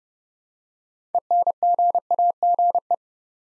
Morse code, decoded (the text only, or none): ENGAGE